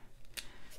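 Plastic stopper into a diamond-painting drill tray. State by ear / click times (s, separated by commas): seated / 0.4 s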